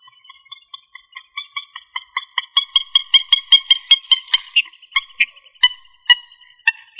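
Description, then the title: Rail giving a fast run of nasal, harmonic notes that build in volume, then slow into spaced, rough squeaks near the end. "Familia Rallidae"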